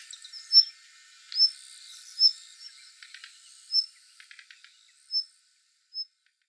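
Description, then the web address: Daurian redstart calling: several thin, high whistled notes spaced about a second apart, with short series of dry clicks in between. Recorded in Hyogo on 8 August 2016. "koe jobitakic 160808 hyogo kuroda"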